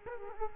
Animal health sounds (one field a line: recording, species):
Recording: mosquito wingbeat signal from an infrared sensor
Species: Culex quinquefasciatus